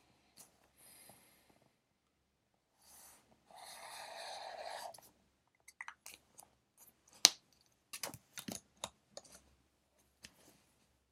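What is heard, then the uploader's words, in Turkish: Pencil-and-paper study sounds in a quiet room. A soft scratchy rustle swells from about 3 to 5 seconds, like pencil strokes or paper sliding, then sharp taps and clicks follow irregularly until near the end, the loudest just past 7 seconds. Ev, kütüphane çalışmaları ortam sesi. Kurşun kalem ile ders çalışma; ortam sesleri, beyaz gürültü alt yapısı.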